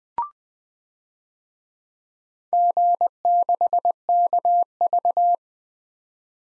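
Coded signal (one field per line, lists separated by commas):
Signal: Morse code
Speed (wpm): 20 wpm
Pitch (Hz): 700 Hz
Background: none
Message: G6KV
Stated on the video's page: Morse practice of 4-character DXCC call signs at 20 wpm for head-copy, each sent, spoken, then sent again.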